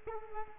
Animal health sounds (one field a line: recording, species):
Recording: mosquito wingbeat signal from an infrared sensor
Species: Culex quinquefasciatus